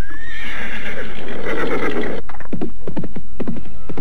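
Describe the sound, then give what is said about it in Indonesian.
Riders stop their horses: a horse gives a loud, rising, quavering neigh that lasts about two seconds, then cuts off into a quick run of sharp clip-clopping hoofbeats, with no voices. “Mereka menghentikan kudanya.”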